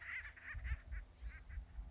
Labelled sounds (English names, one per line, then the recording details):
Acorn Woodpecker
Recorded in Sonoma County, California